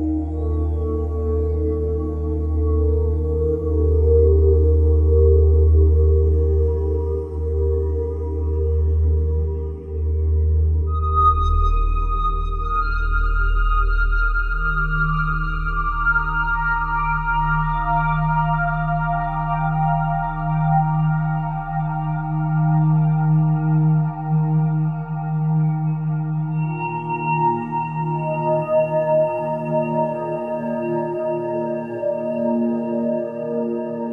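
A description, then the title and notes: A granular singing bowl patch hums with sustained, overlapping ringing tones that hold steady and slowly shift. A deep low drone fills the first ten seconds, then drops away as higher bell-like tones enter around eleven seconds and again near twenty-six, the texture staying dense and continuous. Singing Bowls & Friends - Divine Bowl. Improvising with a granular singing bowl patch from the sound library Falcons Singles - Singing Bowls & Friends, some Macro automation, no additional effects were used, 100% UVI Falcon.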